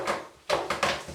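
A plastic glazing bead is handled and pushed up into the corner of a UPVC double-glazed window frame, producing a series of short knocks around 0.5 s, 0.7 s and 0.8 s over quiet rustling. Nothing has seated or clicked into place yet.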